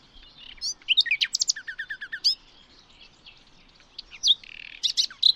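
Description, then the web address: Bird song, a quick sequence of high sharp chirps and a short rattle of repeated notes, a pause, then more scattered chirps and a buzzy note. "Bird Only"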